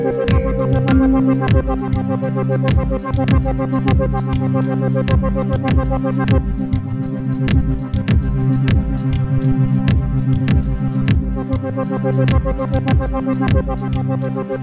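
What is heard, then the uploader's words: Chimes and bit-crushed tones ring over a dense, steady groove, with sharp bright clicks striking at a fast, regular pulse throughout. Kathmandu Chime Krusher. Chimes and bit crushers.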